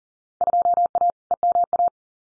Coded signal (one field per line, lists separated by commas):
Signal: Morse code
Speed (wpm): 41 wpm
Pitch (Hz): 700 Hz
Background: none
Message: 2A EMA